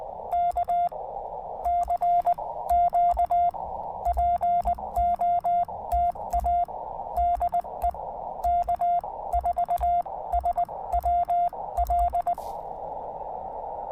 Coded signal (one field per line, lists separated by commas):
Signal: Morse code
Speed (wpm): 19 wpm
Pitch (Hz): 690 Hz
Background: radio noise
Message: K CQ POTA DE K4SWL